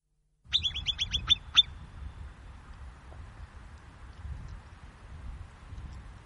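Himalayan marmot giving a quick series of about seven sharp, high chirping whistles in just over a second, then quiet with a low background rumble.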